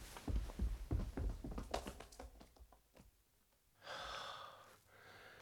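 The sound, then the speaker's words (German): A quick run of irregular footsteps, very close, thuds and scuffs for a few seconds, growing quieter, then gives way to a drawn-out, breathy hiss like a heavy gasp. “Schritte, ganz nah.”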